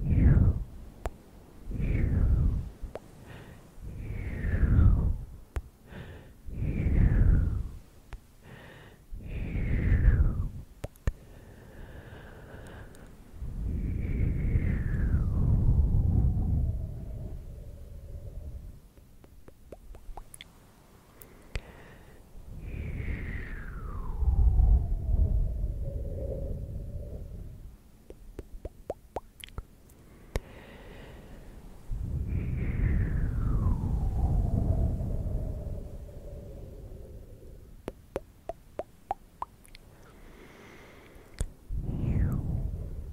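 Clicky mouth sounds: tongue clicks, pops and wet smacks come in bunches, with short sharp ticks scattered between. Several longer breathy sounds slide downward in pitch, around 14, 23 and 33 seconds, each over a low, soft rumble.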